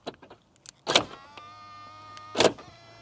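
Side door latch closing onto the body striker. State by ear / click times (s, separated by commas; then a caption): seated / 1.0 s, 2.4 s. The heavy steel side door of a 2026 Mercedes-AMG G63 SUV is swung firmly shut, since it has to be closed with real intent, and its latch mechanism catches on the body striker. Sharp, solid latch clicks land at 1.0 s and 2.4 s, with a faint steady hum between them. The door latches fully shut with a satisfying click.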